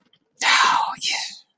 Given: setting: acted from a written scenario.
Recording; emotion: vocal sound without words; pride